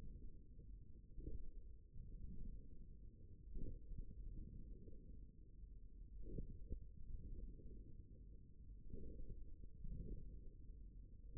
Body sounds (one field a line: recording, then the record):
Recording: forearm muscle sounds (acoustic myography)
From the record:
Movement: forearm supination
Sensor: system 1, eight BSWA MPA416 microphones around the upper forearm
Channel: 1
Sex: male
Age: 54 years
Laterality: right